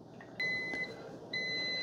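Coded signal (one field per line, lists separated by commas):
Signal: beep code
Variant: Cuisinart coffee maker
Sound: two steady high beeps about half a second long, the second cut off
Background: room noise, clicks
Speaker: Okay, so there's the beeps. You get 5 beeps. Now, since I had over ice selected, you can see it shut everything off.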